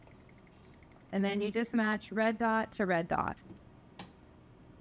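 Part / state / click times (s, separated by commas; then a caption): phaco handpiece cable connector into phaco machine port / seated / 4.0 s. Someone talks while the connector on a phaco handpiece cable is lined up red dot to red dot with the phaco machine port and pushed in. A short, sharp click at 4.0 s marks the connector seating in the port.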